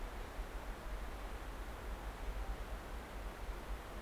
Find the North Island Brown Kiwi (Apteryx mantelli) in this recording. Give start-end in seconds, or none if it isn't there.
none